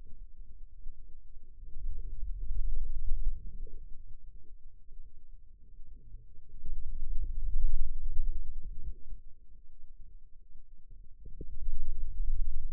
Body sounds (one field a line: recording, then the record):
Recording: forearm muscle sounds (acoustic myography)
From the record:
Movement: pen grasping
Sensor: system 2, bracelet of six BSWA MPA416 microphones around the upper forearm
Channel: 2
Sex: male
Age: 22 years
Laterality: right